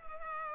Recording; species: mosquito wingbeat signal from an infrared sensor; Culex pipiens